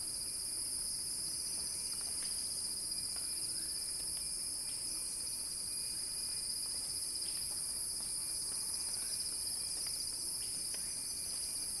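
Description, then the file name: Steady cicada buzzing in a shrill, pulsing high band, constant in level, with faint ticking and a thin whistle-like tone underneath. Crescendo. "earth-fm Axel-Drioli Cicada-Crescendo-Sounding-Wild"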